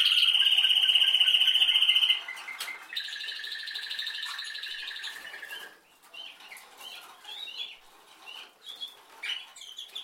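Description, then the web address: Canary song opening with a loud, fast, even trill for about two seconds, then lower rolling trills and scattered chirps. "Canari Seda Canari"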